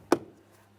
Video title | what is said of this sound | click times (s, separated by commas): How to Replace Interior Door Handles 2015-2020 Ford F-150 | Listen for a click from both ends. | 0.1 s